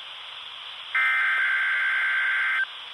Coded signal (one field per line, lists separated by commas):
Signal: Emergency Alert System (SAME) tones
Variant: header bursts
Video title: Required weekly test (EAS #61) (Radio: midland hh50) ( KHA99 ) 5-13-20